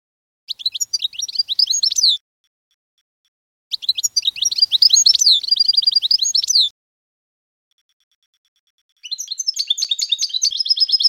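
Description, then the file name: Canary song: three bursts of rapid, high trilled notes separated by short silences. "Canary Voice"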